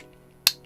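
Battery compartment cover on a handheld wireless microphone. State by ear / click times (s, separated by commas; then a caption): seated / 0.5 s. The plastic battery compartment cover on a handheld wireless microphone is closed after two AA batteries are put in. A single sharp, loud click is heard at 0.5 s over a low steady hum, and the cover is seated shut.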